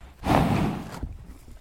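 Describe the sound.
Horse snorting: one forceful, breathy blast of air lasting under a second, then a softer, rumbling exhale trailing off.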